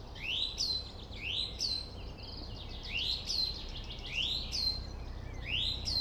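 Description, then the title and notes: Song thrush singing a rising, whistled phrase repeated about every second, with a brief high flourish after each, over a steady low rumble of traffic. Singing in Friedhof Columbiadamm (Neuer Garnisonsfriedhof) cemetery, Berlin, with distant city traffic noise; recorded on a Sony PCM D50. "Friedhof Columbiadamm, Berlin - Song thrush. Friedhof Columbiadamm (Neuer Garnisonsfriedhof), Song thrush (Singdrossel) singing, distant city. traffic noise (Sony PCM D50)"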